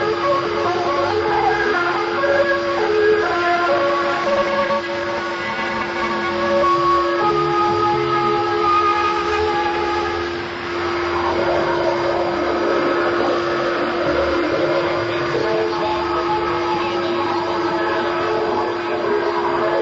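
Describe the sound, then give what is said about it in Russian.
A short melody played on trumpets, a medium-wave radio station's interval signal, plays faintly through heavy, steady radio hiss with a constant droning hum. No one speaks. “В качестве своих позывных станция использует короткую мелодию, сыгранную на трубах”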